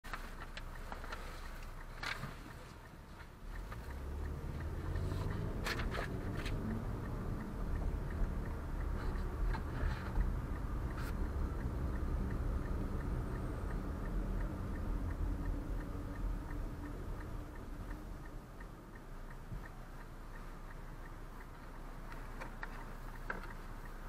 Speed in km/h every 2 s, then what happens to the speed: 0, 0, 8, 16, 23, 29, 34, 29, 23, 6, 0, 0.
0-3 standing. 3-12 pulls away to 34. 12-19 brakes to 0. 19-24 standing.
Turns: none.